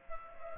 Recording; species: mosquito wingbeat signal from an infrared sensor; Culex pipiens